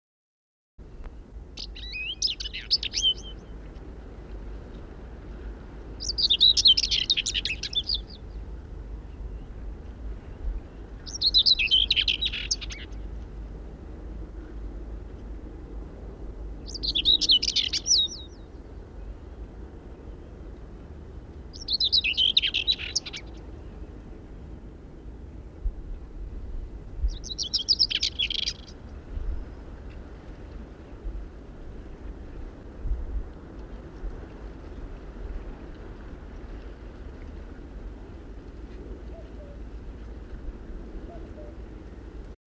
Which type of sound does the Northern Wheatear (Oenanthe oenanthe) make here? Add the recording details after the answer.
song. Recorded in the wild. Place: Nassenheide, Brandenburg, DE. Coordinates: 52.82, 13.22. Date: 1971-05-04. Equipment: Nagra III BH, Sennheiser MD 21, parabola. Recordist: Schubert, Michael. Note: Gesang Steinschmätzer